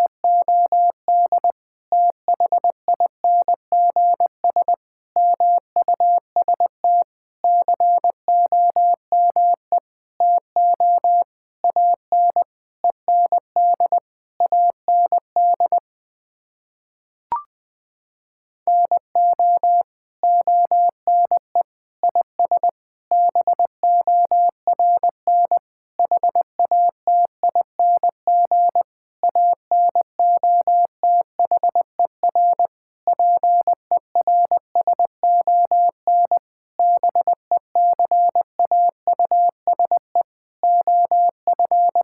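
Words are sent in Morse code as a single steady beeping tone, pitched a little above middle range, keyed in rapid dots and dashes with short gaps between letters and words. Sending pauses around sixteen seconds, with one faint click, then resumes to the end.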